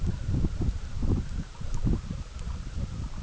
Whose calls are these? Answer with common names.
none